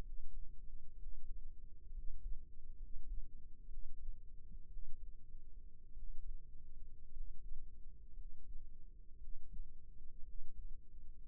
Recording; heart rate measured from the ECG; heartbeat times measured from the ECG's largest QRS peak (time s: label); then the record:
heart sounds by microphone in the right ear; 59 bpm
0.03 s: heartbeat
0.97 s: heartbeat
1.92 s: heartbeat
2.78 s: heartbeat
3.68 s: heartbeat
4.68 s: heartbeat
5.93 s: heartbeat
7.10 s: heartbeat
8.14 s: heartbeat
9.18 s: heartbeat
10.23 s: heartbeat
11.27 s: heartbeat
From the record:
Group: healthy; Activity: rest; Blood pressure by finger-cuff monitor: 100/64 mmHg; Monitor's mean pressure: 77 mmHg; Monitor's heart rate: 61 bpm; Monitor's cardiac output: 5.6 L/min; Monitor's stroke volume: 87 mL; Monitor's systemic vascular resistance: 1010 dyn s/cm5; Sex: male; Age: 22 years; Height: 181 cm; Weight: 79 kg